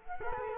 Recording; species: mosquito wingbeat signal from an infrared sensor; Culex quinquefasciatus